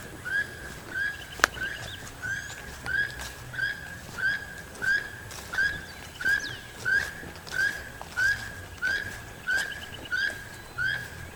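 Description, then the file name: Keel-billed toucan repeating a harsh, grating croak at a regular pace, with a sharp click early on. "Keel billed Toucan Ramphastos sulfuratus"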